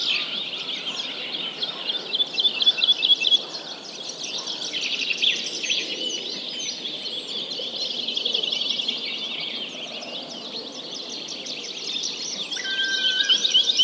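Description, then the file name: Birds: bird chorus of overlapping high warbles and chirps, a brief repeated trill early on and a short clear whistle near the end. Many birds singing together. "Digiffects Sound Effects Library - Many Birds Singing"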